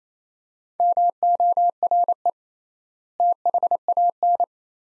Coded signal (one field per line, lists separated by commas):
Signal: Morse code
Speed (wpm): 27 wpm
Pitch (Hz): 700 Hz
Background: none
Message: MORE THAN